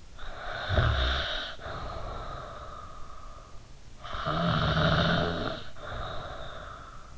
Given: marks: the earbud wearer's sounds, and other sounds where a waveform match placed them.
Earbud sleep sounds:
sounds in sleep by an in-ear microphone; snoring breath
0.14-3.63 s: snoring breath
4.02-7.18 s: snoring breath

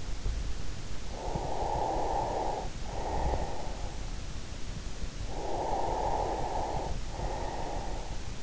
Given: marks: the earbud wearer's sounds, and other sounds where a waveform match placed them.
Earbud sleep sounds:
sounds in sleep by an in-ear microphone; breath
0.76-4.01 s: breath
5.18-8.43 s: breath

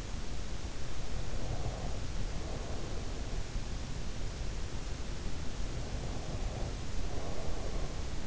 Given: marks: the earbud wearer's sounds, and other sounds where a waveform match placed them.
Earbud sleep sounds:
sounds in sleep by an in-ear microphone; breath
1.26-3.23 s: breath
5.59-8.27 s: breath

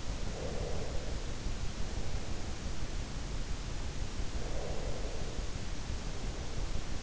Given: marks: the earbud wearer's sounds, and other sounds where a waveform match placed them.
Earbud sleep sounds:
sounds in sleep by an in-ear microphone; breath
0.00-2.71 s: breath
4.13-6.84 s: breath

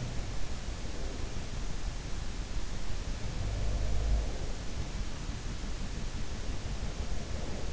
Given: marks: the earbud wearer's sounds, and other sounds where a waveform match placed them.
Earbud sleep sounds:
sounds in sleep by an in-ear microphone; breath
0.39-1.48 s: breath
3.26-4.56 s: breath
6.85-7.73 s: breath

